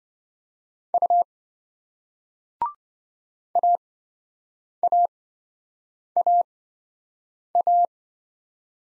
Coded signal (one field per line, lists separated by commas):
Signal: Morse code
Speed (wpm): 28 wpm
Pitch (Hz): 700 Hz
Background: none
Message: U AAAA